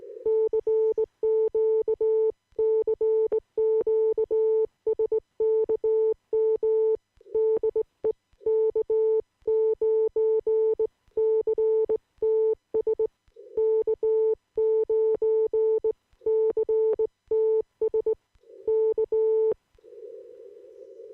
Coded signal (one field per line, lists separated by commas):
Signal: Morse code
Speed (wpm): 18 wpm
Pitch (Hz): 440 Hz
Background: none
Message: CQ CQ SKM DE K9CTS K9CTS K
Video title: CQ de K9CTS